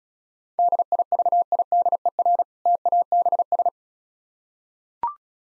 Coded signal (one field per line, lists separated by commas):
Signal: Morse code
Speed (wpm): 36 wpm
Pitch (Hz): 700 Hz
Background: none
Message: DIVIDER TABS